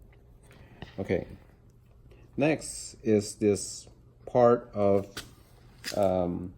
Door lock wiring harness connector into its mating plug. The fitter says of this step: just push it in together and until you hear that click okay